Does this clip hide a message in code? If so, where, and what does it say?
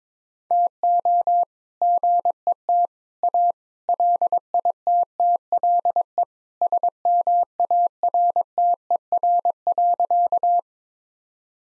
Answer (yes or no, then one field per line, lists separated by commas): yes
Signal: Morse code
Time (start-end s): 0.5-10.6 s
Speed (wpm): 22 wpm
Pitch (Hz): 700 Hz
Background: none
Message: TO GET A LITTLE SMARTER.